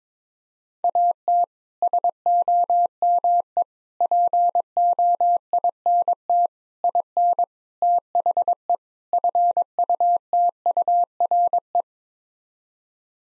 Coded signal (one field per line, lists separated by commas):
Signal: Morse code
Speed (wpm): 22 wpm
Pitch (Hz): 700 Hz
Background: none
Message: AT SOME POINT IN THE FUTURE